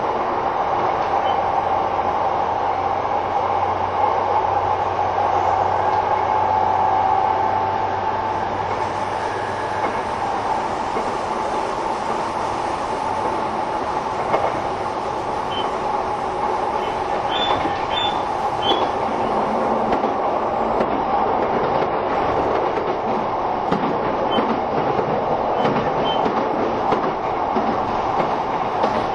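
Train running sound from a moving carriage: a steady, dense rumble and rushing hiss that holds level throughout. A thin whining tone sits in the first eight seconds with a low hum beneath, then fades, and scattered light clicks and squeaks appear later on.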